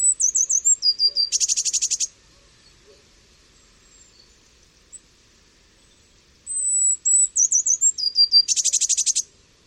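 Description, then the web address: Eurasian blue tit: high thin notes stepping down into a dry buzzy churr, heard twice with a long quiet gap in the middle. "cianscape. Deverinetal"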